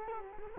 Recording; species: mosquito wingbeat signal from an infrared sensor; Culex quinquefasciatus